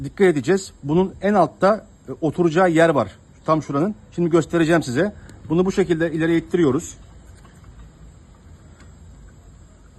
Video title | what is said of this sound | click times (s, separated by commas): Honda Transalp XL 750 arka balata değişimi | Bakalım buradan sağlamasını yapalım. Dönelim. Şu anda oturmamış. | none